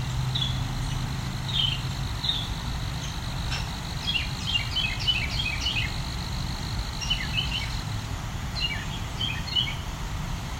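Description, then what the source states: Carolina wren giving scattered bright chips and short chattering note clusters throughout, over a constant low rumble of background noise. The wren seems to be practising many calls and songs in a chain, a continuous barrage.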